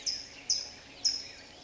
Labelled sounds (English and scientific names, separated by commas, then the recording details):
California Towhee (Melozone crissalis)
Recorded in Sonoma County, California